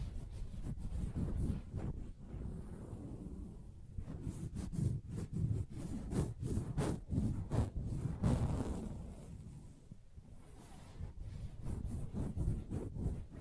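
Soft tapping and scratching on a fabric surface, with a dense low rumble of rubbing throughout. Quick taps come in irregular clusters, with brief bright scrapes near eight seconds and again around eleven to twelve seconds. A short quieter stretch falls near ten seconds.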